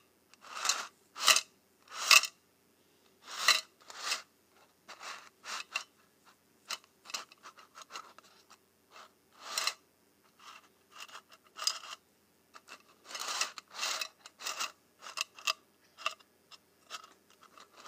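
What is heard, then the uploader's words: Paperclips and safety pins clink and scrape together in short, bright bursts. The metallic rattles come irregularly, roughly every half second, with brief silent gaps between handfuls and a busier, denser stretch near the end. ASMR Paperclips and Safety Pins.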